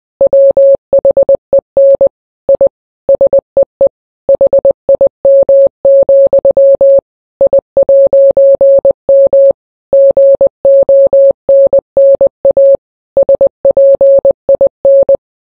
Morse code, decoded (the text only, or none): WHEN I SEE HIM, I'M GONNA SPIN